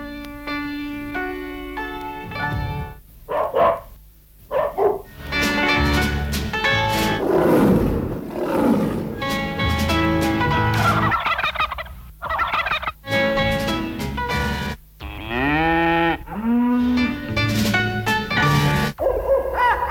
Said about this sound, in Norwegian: medan vi spelar känningstrudluten till dyr I drift så länge